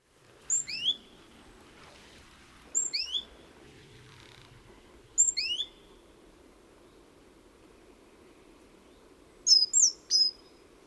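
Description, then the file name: Great tit calls, short clusters of high notes stepping down in pitch, repeated about every two to three seconds, then after a longer pause a quicker burst of three notes, over a low steady hum. "Parus major"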